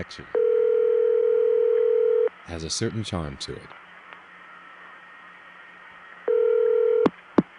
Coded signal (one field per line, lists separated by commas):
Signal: telephone call progress tone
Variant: North America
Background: speech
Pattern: ringback tone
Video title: What Did the Old Telephone Network Sound Like? (Old version; See description for the current one)